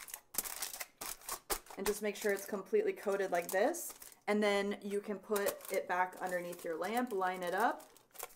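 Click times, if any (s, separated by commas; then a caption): none. A metal base plate, completely wrapped in foil, is handled and lined up to go back underneath a nail lamp, where it fits on magnetically. Short crinkly handling sounds come in the first 1.3 seconds, then someone talks, with one more small tap near 8.2 seconds. Nothing has seated or clicked into place yet.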